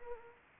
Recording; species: mosquito wingbeat signal from an infrared sensor; Anopheles arabiensis